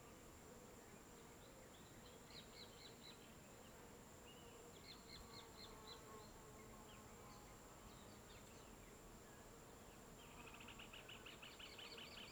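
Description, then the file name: Fly buzzing: a faint, wavering hum lingers under constant outdoor noise, while birds give rapid high chirps and a fast trilling burst near the end. Open field in late afternoon, rural setting, fly buzzing with birds. "Ambiencia descampado em fim de tarde com mosca, passaros e as vezes vaca"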